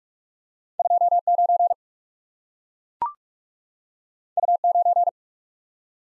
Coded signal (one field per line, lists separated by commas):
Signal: Morse code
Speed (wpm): 44 wpm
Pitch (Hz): 700 Hz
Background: none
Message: 2 9 U 9